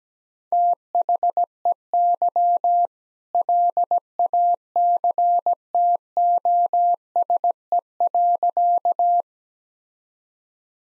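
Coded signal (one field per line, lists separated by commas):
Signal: Morse code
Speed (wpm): 17 wpm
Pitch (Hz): 700 Hz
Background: none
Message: THEY LACTOSE.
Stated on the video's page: Morse code practice at 17 wpm, all-age jokes sent with contextual priming for copying practice.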